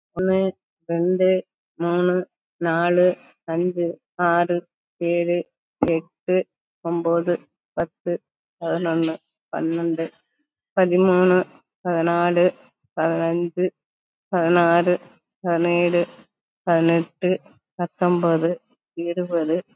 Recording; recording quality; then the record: counting at a fast pace; excellent, no background noise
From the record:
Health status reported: COVID-19 positive, mild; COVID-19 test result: positive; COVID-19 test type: RT-PCR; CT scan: taken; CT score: 5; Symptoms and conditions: fatigue, muscle pain, hypertension, diabetes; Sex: female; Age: 65 years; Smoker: no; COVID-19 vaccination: one dose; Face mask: not worn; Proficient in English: yes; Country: India